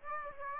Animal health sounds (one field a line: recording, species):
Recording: mosquito wingbeat signal from an infrared sensor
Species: Aedes aegypti